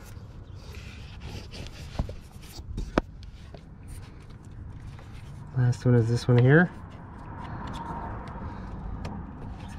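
The last hose connector is handled at the fitting of a new evap canister on a 2005–2022 Nissan Frontier, while someone talks. Faint ticks and a sharp tap near 3.0 s are heard over a low background hum. Nothing has seated or clicked yet.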